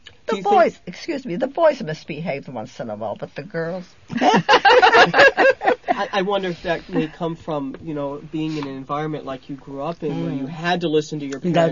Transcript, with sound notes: The boys, excuse me, the boys misbehaved once in a while, but the girls... ( they laugh )
I wonder if that didn't come from, you know, being in an environment that you grew up in where you had to listen to your parents.